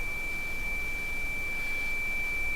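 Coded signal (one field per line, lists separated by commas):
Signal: weather fax (radiofax)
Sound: a steady high whistle near 2.3 kHz over hiss, unchanging for the whole clip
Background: radio static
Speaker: d'abord le signal de départ en carnet en imagerie sizing donc l'image va pas tarder à arriver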